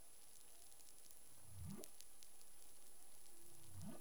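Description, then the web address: Humpback whale calls: two rising whoops that start as deep grunts and sweep upward, with a faint tonal hum between them over crackly underwater noise. In the Caribbean, 25 February 2021, 11:17 UTC. "CARIMAM. humpback whale 20210225 111728 UTC"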